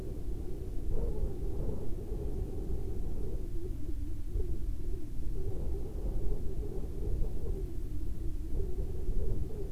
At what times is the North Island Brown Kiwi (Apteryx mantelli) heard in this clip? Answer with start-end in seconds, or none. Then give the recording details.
none. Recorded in New Zealand on 2 February 2014. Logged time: 22:59. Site CA73